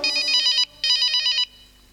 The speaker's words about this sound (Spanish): ¿Qué es? El teléfono sonó.